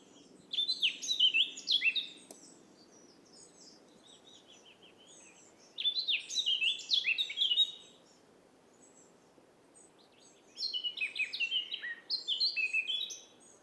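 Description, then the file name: Eurasian blackcap singing three bursts of fast, varied warbling phrases about every five seconds, high and chattery, over a steady low background hum. "Sylvia atricapilla"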